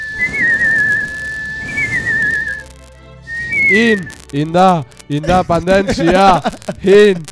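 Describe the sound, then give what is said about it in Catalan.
Someone whistles a few short, wavering high notes in separate phrases, then voices start talking over a faint last whistle. “No estic escoltant xiular ningú aquí, vamos, a l'estudi, jo estic aquí posant...”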